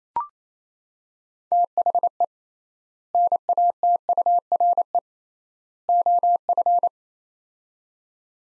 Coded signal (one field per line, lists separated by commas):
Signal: Morse code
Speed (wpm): 28 wpm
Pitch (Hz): 700 Hz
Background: none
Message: THE NATURE OF